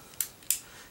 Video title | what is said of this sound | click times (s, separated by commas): What's In Your Bag Series - Part 1 (Black Kipling Case - Planner Supplies) | clicks out to use, clicks back in to not get messy. | 0.2 s, 0.5 s